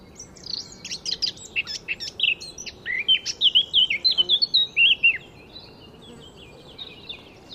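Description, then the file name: Eurasian blackcap singing a quick scratchy warble that turns into loud fluty whistles, followed by a few faint notes. "Sylvia atricapilla"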